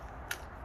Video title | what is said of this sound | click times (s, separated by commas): Spiderman bike assembly | and you hear it snap and now it's locked into place | 0.3 s